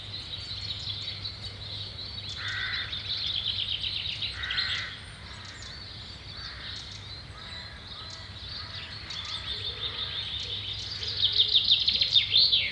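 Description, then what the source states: Birds calling: many high chirps and trills overlapping, with short lower buzzy notes and a steady low hum throughout. Birds recorded at Samye Ling.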